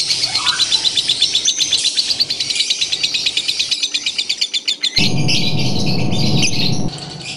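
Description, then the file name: Lovebird song: a rapid, shrill chattering of high twittering notes that runs on without pause, then a sudden burst of loud, rough low noise from about 5 to 7 seconds. Recording made to simulate a lovebird singing competition. "audio simulasi lomba lovebird. omkicau"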